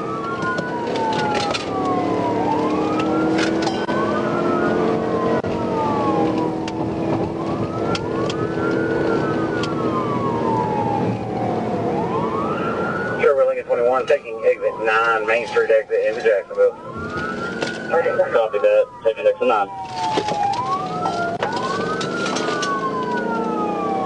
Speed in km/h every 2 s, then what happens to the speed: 93, 111, 124, 129, 127, 116, 92, 61, 42, 31, 44, 64.
0-5 speeds up to 129. 8-17 brakes to 31. 19-24 speeds up to 64.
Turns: 15-18.